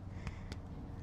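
A second skate bearing is pressed into the other side of an inline skate wheel hub, giving two short hits at 0.3 s and 0.5 s over a low, steady background hum. The bearing seats in the wheel and goes in nicely.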